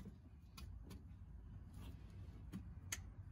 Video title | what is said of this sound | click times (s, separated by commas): How To Replace And Reinstall A Fuel Pump On A 2005 Dodge Durango 5.7 L Engine Hemi Edition - DIY | see if you heard that click i pushed all the way until i heard the click | 2.9 s